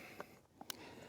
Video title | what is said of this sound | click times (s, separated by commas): Bestway Hydro Force Ventura Kayak Review | with the slot, put it in, and it snaps in place. | 0.7 s